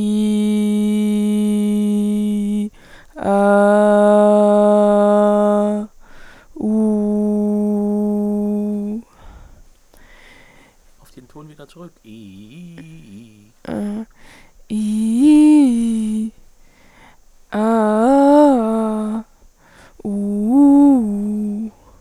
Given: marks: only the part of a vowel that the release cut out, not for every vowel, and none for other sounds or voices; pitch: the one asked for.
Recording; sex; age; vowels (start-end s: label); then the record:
sustained vowels; female; 20 to 29 years
0.31-2.30 s: vowel /i/, low pitch
4.26-5.54 s: vowel /a/, low pitch
6.77-8.73 s: vowel /u/, low pitch
14.79-16.15 s: vowel /i/, low-high-low pitch
17.66-19.07 s: vowel /a/, low-high-low pitch
20.13-21.52 s: vowel /u/, low-high-low pitch
From the record:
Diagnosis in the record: healthy voice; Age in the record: 21 years